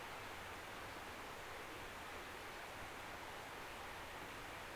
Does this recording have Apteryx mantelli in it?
no